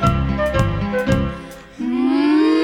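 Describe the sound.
Over a bouncy musical backing with light beats, a voice breaks into one long, low, drawn-out moo imitating a cow mooing in a stable, its pitch sliding slowly upward as it holds.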